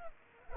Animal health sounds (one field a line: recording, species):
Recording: mosquito wingbeat signal from an infrared sensor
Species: Culex pipiens